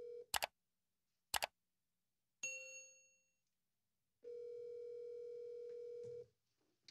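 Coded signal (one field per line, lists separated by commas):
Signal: telephone call progress tone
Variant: North America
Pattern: ringback tone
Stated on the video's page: Call progress tones from an old rotary desk phone connected to a VoIP system through a Grandstream HT802 analog telephone adapter during test calls.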